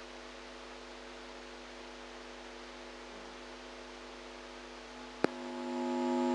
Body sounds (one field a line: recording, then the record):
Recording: brain microelectrode recording played as sound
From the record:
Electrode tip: outside the subthalamic nucleus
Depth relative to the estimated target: 4 mm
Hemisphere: right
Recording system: NeuroSet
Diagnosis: Parkinson's disease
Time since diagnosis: 8 years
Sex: female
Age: 45 years